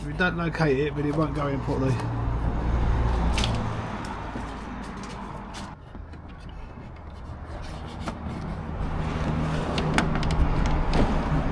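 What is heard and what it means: A sliding-door trim panel with LED strip housing on a Toyota Alphard AH30 is handled and lined up on the small locating lug on the side of the car body while someone talks. Brief handling knocks and taps are heard over a low background hum. Nothing has seated or clicked into place yet.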